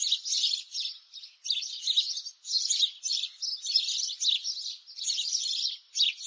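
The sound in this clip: Sparrow chatter made of bursts of sharp, high chirps, each burst lasting about a second, separated by brief lulls.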